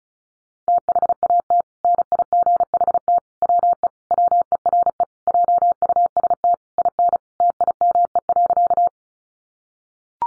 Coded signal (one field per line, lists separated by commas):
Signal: Morse code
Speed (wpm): 34 wpm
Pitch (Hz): 700 Hz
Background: none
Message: THAT NIGHT WE WERE JUST IN TIME.